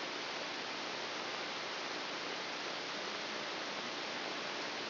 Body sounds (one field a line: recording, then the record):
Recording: brain microelectrode recording played as sound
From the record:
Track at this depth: inside the subthalamic nucleus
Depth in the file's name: 3.313 mm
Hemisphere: left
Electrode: 2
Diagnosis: Parkinson's disease